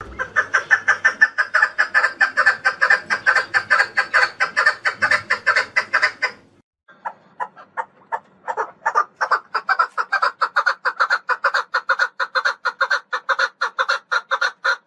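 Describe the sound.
Partridge giving fast, harsh repeated chuck notes for six seconds, then a pause, then a renewed, steady run of similar notes.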